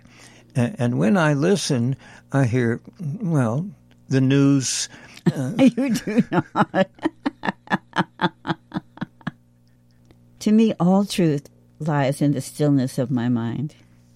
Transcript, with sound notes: and when I listen, I hear, well, the news, uh-
(laughs) You do not. To me, all truth lies in the stillness of my mind.